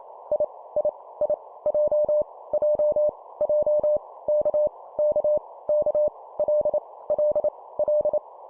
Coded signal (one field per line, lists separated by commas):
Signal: Morse code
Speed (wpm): 28 wpm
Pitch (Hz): 600 Hz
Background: none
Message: I I I J J J K K K L L L